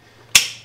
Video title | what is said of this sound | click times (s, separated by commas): The upgrade your M2, M3 or M4 needs - Mishimoto S58 charge pipes DIY | just like that so now it doesn't come off you actually hear it click into place | 0.4 s